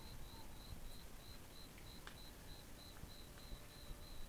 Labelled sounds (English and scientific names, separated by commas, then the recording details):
North Island Brown Kiwi (Apteryx mantelli) male call
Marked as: faintness 5/5
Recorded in New Zealand on 11 December 2014
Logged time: 22:44
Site CF20